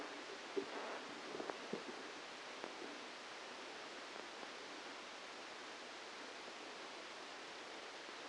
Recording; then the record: brain microelectrode recording played as sound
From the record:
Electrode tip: outside the subthalamic nucleus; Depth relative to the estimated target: 4 mm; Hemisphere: left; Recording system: NeuroSet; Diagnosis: Parkinson's disease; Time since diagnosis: 8 years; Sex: male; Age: 65 years